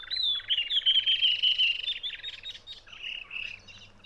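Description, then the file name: Spiny babbler singing a rich, fast warble of slurred and trilled notes, followed by softer fragments. "spiny babler omkicau"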